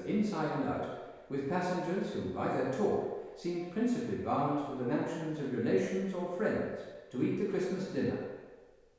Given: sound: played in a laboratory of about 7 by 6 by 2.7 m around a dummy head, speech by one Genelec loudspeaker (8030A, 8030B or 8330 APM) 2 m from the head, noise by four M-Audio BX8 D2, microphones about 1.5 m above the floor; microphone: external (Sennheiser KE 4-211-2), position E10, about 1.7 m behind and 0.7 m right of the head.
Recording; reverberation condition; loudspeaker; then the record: male speech in English; high; 150 degrees to the left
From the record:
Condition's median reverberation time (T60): about 1300 ms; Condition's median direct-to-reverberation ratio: about -4.0 dB